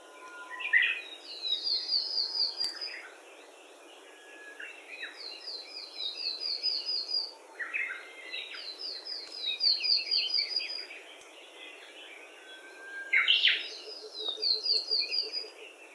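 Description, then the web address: Bird calls: repeated runs of high buzzy, slurred notes, each about two seconds long, with lower chirps mixed in. "yacho koe 61"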